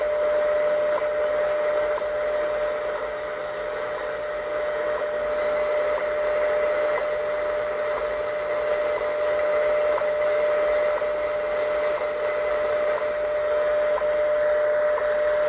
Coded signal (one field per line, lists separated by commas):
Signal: radio time signal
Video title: WWV 25 MHz Shortwave on the ATS-25 DSP receiver and MLA 30 loop antenna